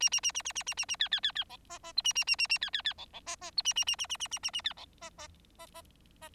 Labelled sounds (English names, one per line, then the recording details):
Bengalese Finch song
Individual Bird4